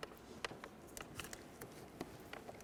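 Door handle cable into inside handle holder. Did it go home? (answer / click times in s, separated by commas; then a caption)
no / none. The ball-ended door handle cable on a 2012-2018 Nissan Altima is slid into position at the plastic holder on the inside door handle. Light handling taps and ticks sound at about 0.4, 1.0, 1.2 and 1.3 s over a faint steady hiss. The cable has not yet clicked or seated in the holder.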